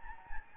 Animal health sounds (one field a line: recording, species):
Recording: mosquito wingbeat signal from an infrared sensor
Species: Anopheles gambiae